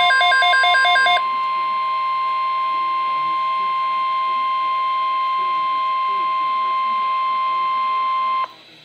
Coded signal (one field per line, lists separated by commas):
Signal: Emergency Alert System (SAME) tones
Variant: 1050 Hz attention tone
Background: speech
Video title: Severe Thunderstorm Watch on NOAA weather radio